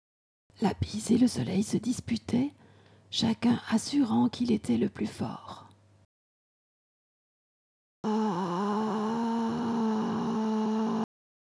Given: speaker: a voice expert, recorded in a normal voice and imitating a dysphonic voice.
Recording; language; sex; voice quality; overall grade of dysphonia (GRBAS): read sentence and sustained vowel /a/; French; female; dysphonic voice; grade 2 to 3 of 3 (moderate to severe)